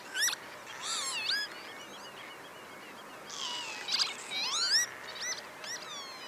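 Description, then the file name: Northern lapwing giving a few slurred, nasal calls that dip and rise in pitch, spaced irregularly over several seconds, with quiet background hiss. "Pavoncella"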